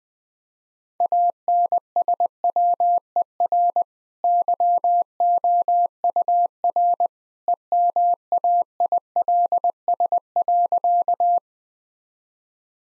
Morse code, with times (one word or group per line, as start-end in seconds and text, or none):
1.0-3.8 ANSWER
4.2-7.1 YOUR
7.5-11.4 EMAILS.